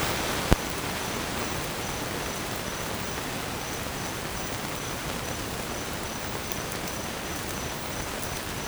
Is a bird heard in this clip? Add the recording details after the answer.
no. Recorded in dense forest near Puerto Asís, Putumayo, Colombia, on 27 June 2025 at 06:30. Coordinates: 0.503, -76.323. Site G059